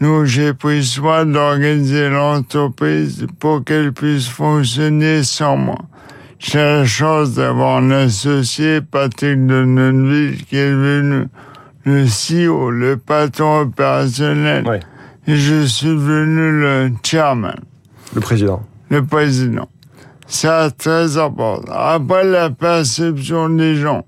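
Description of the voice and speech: Slow, flat-pitched French speech from an adult man, with drawn-out, creaky vowels: dysarthria from amyotrophic lateral sclerosis (Charcot disease), which progressively paralyses him and affects his speech and oral expression while his mind works perfectly.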